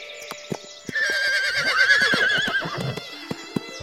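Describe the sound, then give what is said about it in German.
A horse that is mounted and ridden off lets out a long, wavering whinny that rises and trembles for a couple of seconds, while sharp hoof clops strike irregularly before, during and after it. “Ich musste mich zur Feder auf sein Pferd setzen und wir ritten los.”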